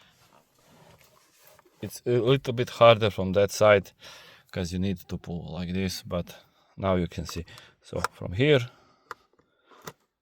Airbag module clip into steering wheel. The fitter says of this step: clicked all there, and on this side as well.